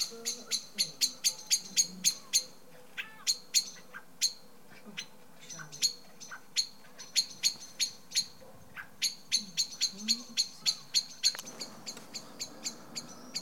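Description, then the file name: Common blackbird giving sharp metallic chink calls, about three to four a second, continuing steadily with brief pauses; faint lower bird notes underneath. "Turdus merula"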